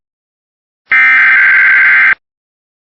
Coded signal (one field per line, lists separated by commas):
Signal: Emergency Alert System (SAME) tones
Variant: header bursts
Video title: High Wind Warning - 12/18/2025 (EAS #205)